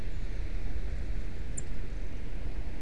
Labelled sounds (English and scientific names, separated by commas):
Song Thrush (Turdus philomelos)